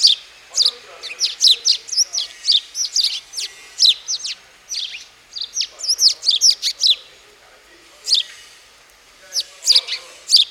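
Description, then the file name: House sparrow chattering, rapid clusters of bright chirps that crowd together, then thin out to scattered notes near the end. "Passer domesticus"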